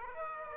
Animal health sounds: mosquito wingbeat signal from an infrared sensor; Aedes aegypti

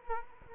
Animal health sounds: mosquito wingbeat signal from an infrared sensor; Culex quinquefasciatus

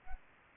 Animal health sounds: mosquito wingbeat signal from an infrared sensor; Anopheles arabiensis

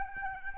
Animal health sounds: mosquito wingbeat signal from an infrared sensor; Aedes albopictus

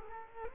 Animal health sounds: mosquito wingbeat signal from an infrared sensor; Culex quinquefasciatus

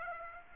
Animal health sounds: mosquito wingbeat signal from an infrared sensor; Aedes aegypti

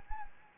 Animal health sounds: mosquito wingbeat signal from an infrared sensor; Anopheles gambiae

